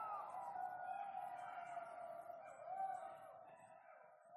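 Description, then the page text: Golden jackals wailing in a chorus, steady overlapping drawn-out howls with slight wavers. "aranysakalok hangja. Šakal zlatý (Canis aureus)"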